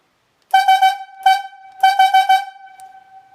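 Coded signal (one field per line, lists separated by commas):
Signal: whistle signal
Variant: yarder logging whistle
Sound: a horn toots three times quickly, once, then four times quickly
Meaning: Slack the straw line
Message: 3-1-4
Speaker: slack the straw line is going to sound like this. 3, 1, and 4.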